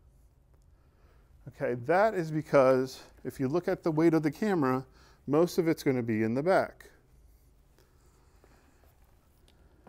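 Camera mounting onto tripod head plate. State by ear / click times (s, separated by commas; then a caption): not seated / none. A camera is slid back flush and lined up on the tripod head mounting plate before being pushed home to lock, while someone talks from about 1.5 to 6.7 seconds. Nothing has seated or clicked yet; the rest of the clip is quiet.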